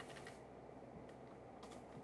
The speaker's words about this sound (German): Ich bin mir gespannt, ob ich das auf meinem Computer habe. Also ihr könnt die Klicks hören.